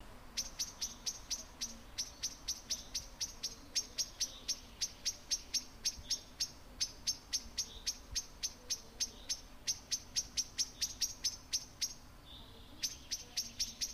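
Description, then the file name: Common blackbird calls: sharp, high clicking notes repeated steadily about three times a second, with a brief pause near the end. "Turdus merula"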